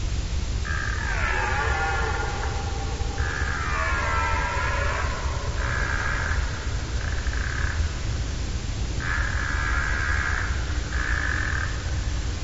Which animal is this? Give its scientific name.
Cervus elaphus